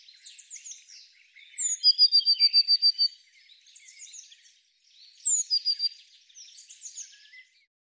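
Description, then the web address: Eurasian blue tit calling: a high falling note then a rapid run of clear trilled notes, twice, amid soft scratchy chatter. "cianscape birddata Deverinetal 2025 File cleaned normalized Bird Cy Ca"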